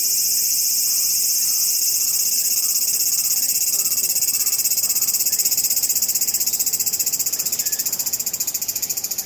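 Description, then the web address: Cicada call: a steady, high, shrill buzz with a fast pulsing texture, swelling slightly toward the middle and fading a little at the end. Long, sci-fi-sounding cicada call recorded in a cemetery in Tokyo, Japan. "Lynne Music 2 Insect Call Circada Sci Fi Sounding Long Tokyo Japan Cemetary"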